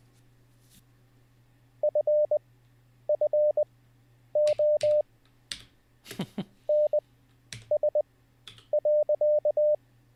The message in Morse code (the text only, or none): FFO NS.